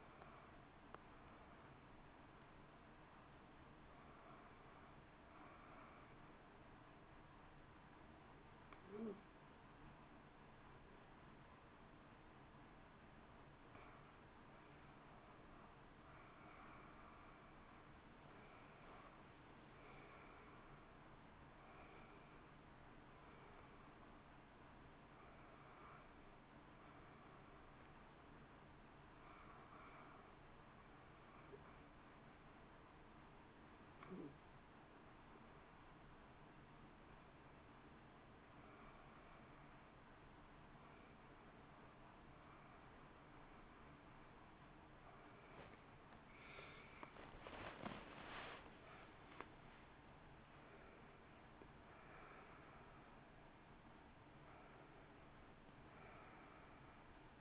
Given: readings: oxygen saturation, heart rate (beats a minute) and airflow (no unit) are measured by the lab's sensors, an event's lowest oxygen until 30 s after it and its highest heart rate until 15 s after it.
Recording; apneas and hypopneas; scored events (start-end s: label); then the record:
breathing in sleep by a voice recorder at the bedside; 1
0.00-17.00 s: awake
13.00-43.00 s: new sleep stage, N1 (lightest sleep)
31.00-47.00 s: hypopnea (N1, oxygen 93% highest, then 92% lowest, heart rate 60 at the start, 68 highest)
43.00-57.41 s: new sleep stage, awake
44.00-57.41 s: awake
From the record:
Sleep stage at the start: awake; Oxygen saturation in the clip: 90 to 93%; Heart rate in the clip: 57 to 69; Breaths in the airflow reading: 16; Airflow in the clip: -1.5 to 2.0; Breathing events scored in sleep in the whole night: 328 in 6.3 hours asleep